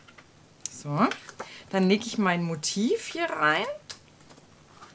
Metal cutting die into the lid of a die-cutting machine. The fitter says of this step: das ganze einrasten lassen